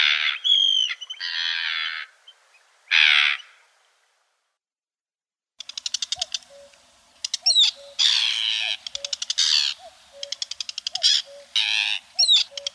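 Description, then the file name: Arctic tern uttering rasping screeches and quick stuttering rattles, with soft low notes repeating underneath in the later half. "Krachka poljarnaja"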